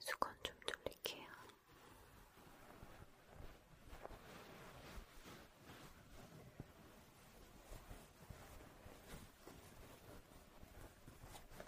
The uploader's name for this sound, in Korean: 속삭임, 머리빗기,샴푸,클렌징,고무팩,두피마사지,눈썹정리